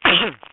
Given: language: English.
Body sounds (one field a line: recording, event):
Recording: throat vibration sensor signal played as sound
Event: cough